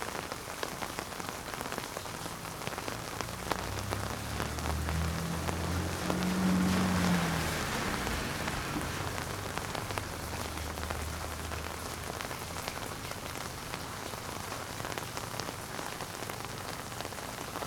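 Dense rain patters steadily on a taut surface, with a low rumble swelling around six to eight seconds before easing back.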